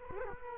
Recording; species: mosquito wingbeat signal from an infrared sensor; Culex quinquefasciatus